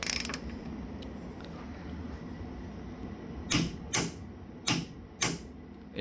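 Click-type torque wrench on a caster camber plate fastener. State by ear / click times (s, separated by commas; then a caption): torque reached / 3.5 s, 4.7 s, 5.2 s. A Capri Tools 3/8-inch drive mini click-type torque wrench is pulled on a fastener on a car's caster camber plate until it breaks over at its setting. It gives sharp, loud clicks at 3.5, 4.7 and 5.2 seconds.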